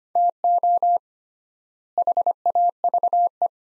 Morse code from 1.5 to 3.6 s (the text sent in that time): HAVE